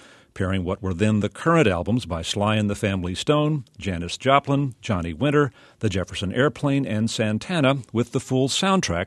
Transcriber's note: none